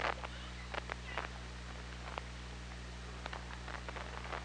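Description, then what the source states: Orca clicks and short pulsed bursts, irregular and clustered in quick runs, over a steady low electrical hum and a broad hiss. OrcaLab hydrophone, 24 August 2017, 17:55.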